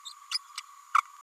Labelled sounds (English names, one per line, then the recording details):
Green-rumped Parrotlet babbling
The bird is a male
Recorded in a nest box in Venezuela
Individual 17B102A4